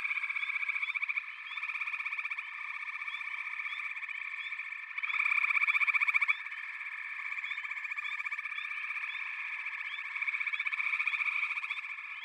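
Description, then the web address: Frog chorus, dense overlapping trilling calls, pulsed and continuous, with a louder burst of rapid pulses around five seconds in. A chorus of frogs calling together. "Echoes of Nature - Frog Chorus"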